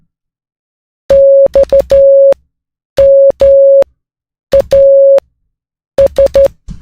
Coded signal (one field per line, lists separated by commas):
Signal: Morse code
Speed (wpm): 13 wpm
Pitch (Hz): 550 Hz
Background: none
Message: XMAS